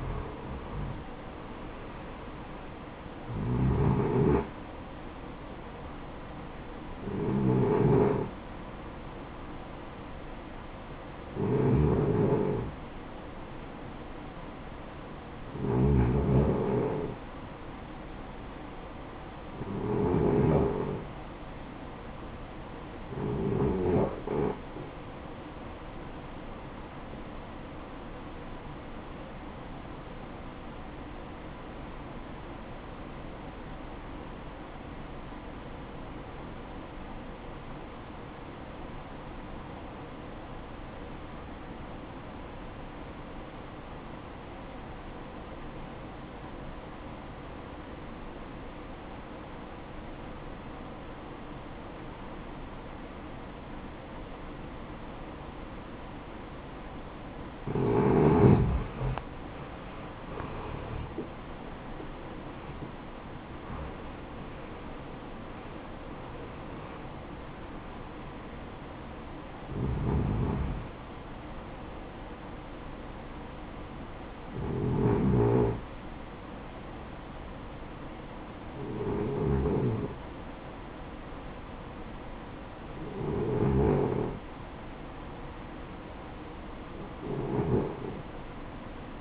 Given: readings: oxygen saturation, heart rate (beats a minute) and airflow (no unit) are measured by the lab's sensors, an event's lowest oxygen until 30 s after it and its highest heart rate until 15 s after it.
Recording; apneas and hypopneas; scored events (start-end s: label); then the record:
breathing in sleep by a voice recorder at the bedside; 1
29.00-58.90 s: obstructive apnea (REM, oxygen 94% highest, then 87% lowest, heart rate 63 at the start, 82 highest)
From the record:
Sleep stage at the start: REM sleep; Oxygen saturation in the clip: 79 to 94%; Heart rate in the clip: 50 to 82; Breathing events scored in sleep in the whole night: 573 in 9.8 hours asleep